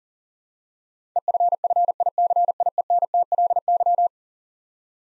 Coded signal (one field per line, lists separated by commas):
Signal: Morse code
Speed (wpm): 40 wpm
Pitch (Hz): 700 Hz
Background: none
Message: EFFICIENTLY